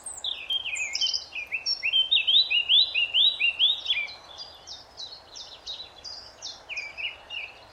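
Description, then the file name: Eurasian blackcap delivering a fast, continuous warble of sliding high notes that builds into louder, clear whistled phrases, then trails off into softer repeated notes. "Sylvia atricapilla"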